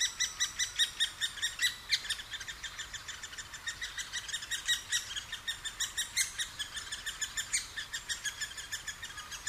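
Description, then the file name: Great spotted woodpecker giving quick, sharp, high chattering notes, rapidly repeated, some louder than others, in an unbroken series. Recorded in Sapporo on 20 June 2011. "akagera sapporo namba"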